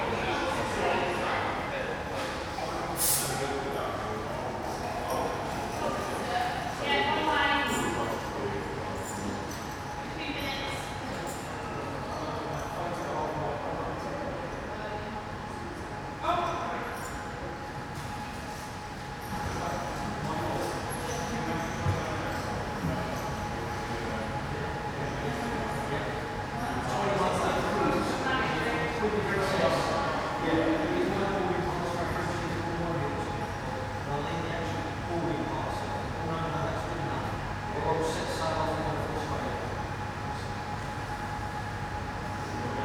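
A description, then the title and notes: A quiet train station ticket office with only a few travellers, their voices murmuring throughout. A faint steady tone hums underneath, and occasional clicks and knocks come through, notably around 3, 16 and 38 seconds, over a soft, constant room rumble. Train station ticket office. A ticket office of a train station, which is mostly deserted, with only a few travellers.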